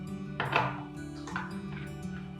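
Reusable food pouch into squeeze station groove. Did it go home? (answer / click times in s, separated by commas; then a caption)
yes / 0.4 s. A reusable plastic food pouch is re-seated into the groove of an Infantino Squeeze Station filling station after it had not clicked properly on the first try. A sharp click is heard at 0.4 s over steady background music, followed by a few softer knocks. The pouch is now seated and ready to be screwed on.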